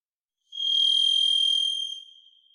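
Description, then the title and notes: Varied thrush song: one long, buzzy, ethereal whistled note held steady for about one and a half seconds, then trailing off in a faint fading tail; nothing else heard. Song, Pacific Northwest, Washington, United States; parabolic single-species recording, processed for clarity with natural pace and rhythm maintained. "Varied Thrush, clean. Varied Thrush, Ixoreus naevius, song, parabolic single-species recording, processed for clarity, natural pace and rhthym maintained Recorded in the beautiful Pacific Northwest, Washington, United States"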